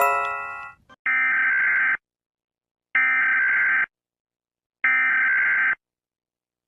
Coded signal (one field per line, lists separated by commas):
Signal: Emergency Alert System (SAME) tones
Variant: header bursts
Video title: EAS alarm buat countryballs #countryballs